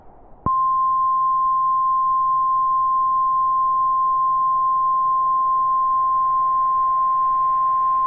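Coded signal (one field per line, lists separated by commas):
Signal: Emergency Alert System (SAME) tones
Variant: 1050 Hz attention tone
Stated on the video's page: Fictional volcanic disaster EAS scenario, not a real alert.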